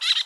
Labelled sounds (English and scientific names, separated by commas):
Brown-throated Parakeet (Eupsittula pertinax) contact call